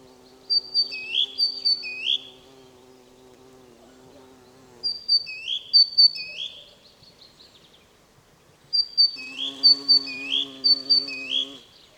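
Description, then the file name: Great tit calling in three bursts of paired notes, a thin high note dropping to a lower rising one, repeated three or four times per burst, over an intermittent low mechanical hum. "Parus major"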